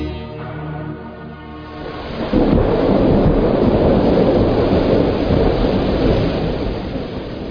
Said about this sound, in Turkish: Hava da amma bozdu. Çok yağmur yağıyor.